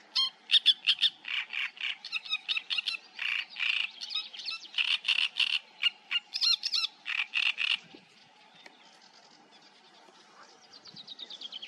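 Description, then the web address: Great reed warbler song: harsh, grating churring notes in rapid repeated phrases for about eight seconds, then near silence with faint high twittering. "ptaki trzciniak trzciniak"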